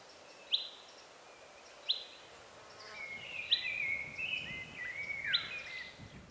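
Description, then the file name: Common chaffinch giving crisp, high 'pink' calls about every one and a half seconds, while another bird's softer warbling notes run underneath in the second half. "Fringilla coelebs"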